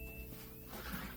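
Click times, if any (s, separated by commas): none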